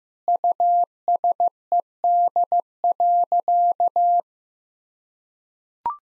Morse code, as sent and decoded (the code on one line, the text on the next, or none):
..- ... . -.. .-.-.-
USED.